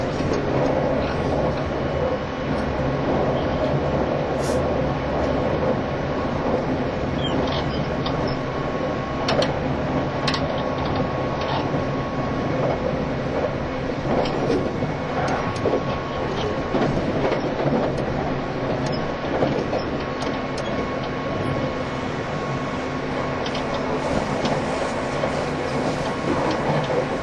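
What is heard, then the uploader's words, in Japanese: Interior sound of a JR East E351 series tilting train on a Super Azusa run, a dense, steady rumble of running gear with a constant low drone and faint tonal hums. Brief clicks and rattles pop up irregularly, clustered around 9 to 17 seconds. E351系 Sあずさ18号02 甲府～八王子。全車引退したJR東日本唯一の振り子式車両であったE351系、速達運用だったSあずさを収録したものです。走行音。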